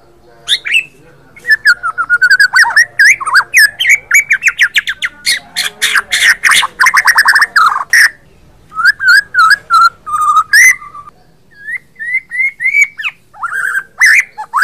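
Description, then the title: White-rumped Shama song: long run of rapid, loud chattering and whistled notes, several per second, with short pauses and then more warbled phrases. Murai batu provoked to sing by a masteran training recording. "BEGINI JADINYA MURAI BATU JIKA DI PANCING DENGAN MASTERAN INI"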